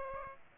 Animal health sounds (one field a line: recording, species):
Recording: mosquito wingbeat signal from an infrared sensor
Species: Aedes aegypti